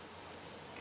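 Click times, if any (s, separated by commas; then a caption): none. A wooden recurve bow limb tenon, just adjusted, is pushed toward its sleeve on the riser, with low steady handling noise and a faint rise near the end. The clip ends before the tenon goes home, so nothing has seated or snapped yet.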